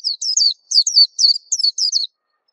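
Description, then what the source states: White-eye song: about two seconds of high, sweet, down-slurred twittering notes. Song described as melodious and long.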